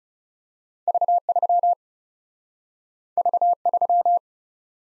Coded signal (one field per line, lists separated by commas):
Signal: Morse code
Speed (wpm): 38 wpm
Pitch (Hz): 700 Hz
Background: none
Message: V 3 V 3